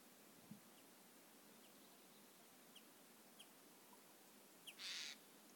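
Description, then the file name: Eurasian jay giving a single harsh, rasping screech near the end, preceded by a few faint ticks over quiet background hiss. "Garrulus glandarius"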